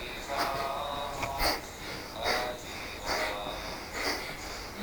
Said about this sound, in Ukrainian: І треба просто вдихати і видихати мінімум раз на секунду. І, тобто, набирати глибше, тобто дихати животом.